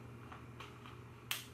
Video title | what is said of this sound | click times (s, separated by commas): How to attach Sony a6300 a5000 a7 a7r a7s ii mirrorless camera to a microscope in full HD quality | hear that click? That's in now. | 1.3 s